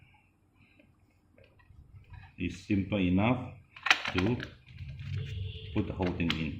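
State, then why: Not seated. A washed and dried filter is handled and pushed toward the body of a Dyson V10 cordless stick vacuum, with soft tapping and handling noises under someone talking. The filter has not seated or clicked into place yet.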